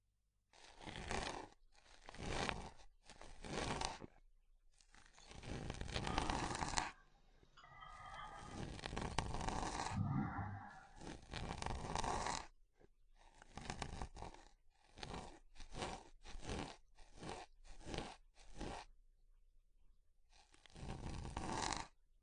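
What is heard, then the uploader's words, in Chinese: Hair is combed in a series of rough, hissing strokes, each about a second long with short silences between, around fifteen in all. In the middle, from about 7 to 12 seconds, the strokes give way to a longer, softer stretch of steady rubbing, like massage. 梳头+按摩。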